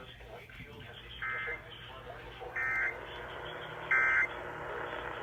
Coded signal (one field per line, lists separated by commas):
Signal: Emergency Alert System (SAME) tones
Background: speech